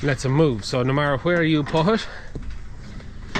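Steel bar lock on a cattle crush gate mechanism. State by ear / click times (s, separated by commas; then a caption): seated / 3.4 s. Someone talks for about two seconds, then a steel bar on the locking mechanism of a new cattle crush gate is let down. The lock drops into place with a loud metallic clunk at 3.4 s, and the bar is locked in.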